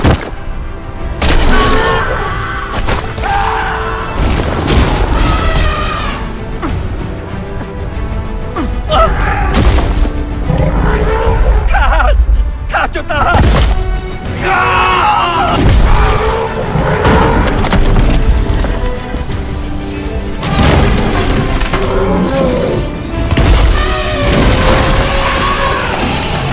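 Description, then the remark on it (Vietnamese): Booming blasts of cannon fire and explosions pound continuously amid a dense, chaotic roar of a battle against charging war elephants, with cracking and splintering impacts scattered throughout and no pauses. “Mau xây đại pháo lại, nhắm vào lũ voi, mau lên!”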